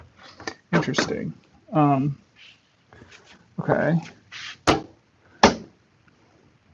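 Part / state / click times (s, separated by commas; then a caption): unnamed PC component fitting into its mount or slot / seated / 5.4 s. A PC component of unspecified type is fitted into its mount or slot while tidying up during a PC build, after working out which way round it goes. Someone talks, then a few sharp knocks follow and the part clicks into place at 5.4 s, the loudest hit in the clip, and it is seated.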